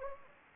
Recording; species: mosquito wingbeat signal from an infrared sensor; Anopheles gambiae